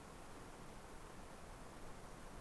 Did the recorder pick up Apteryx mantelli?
no